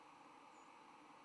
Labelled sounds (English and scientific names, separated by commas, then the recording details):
White-throated Sparrow (Zonotrichia albicollis) flight call
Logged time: 07:59 on 10 November 2014